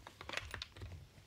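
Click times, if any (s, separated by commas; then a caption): none. A loaded box magazine is pushed firmly into the magazine well of a Sig Sauer Cross rifle in 6.5 Creedmoor, giving a quick run of short knocks and rattles. It feels locked and held in place, but it has not clicked home yet, so it would drop out after the first shot.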